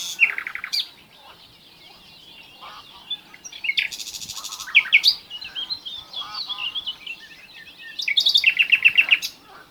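Common nightingale delivering varied phrases: a short rattle, a loud buzzy burst, a run of rapid chirps, and a final fast series of repeated whistled notes.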